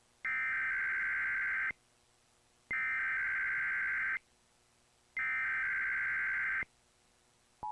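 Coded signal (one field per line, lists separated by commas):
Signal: Emergency Alert System (SAME) tones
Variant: header bursts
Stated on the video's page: Sunday morning EAS tests and some relays.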